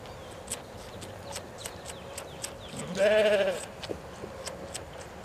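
Sheep bleating once, a short wavering harmonic bleat midway through, with soft clicking and low background noise throughout.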